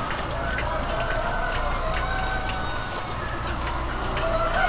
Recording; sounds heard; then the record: poultry house recording; healthy chickens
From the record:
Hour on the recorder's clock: 21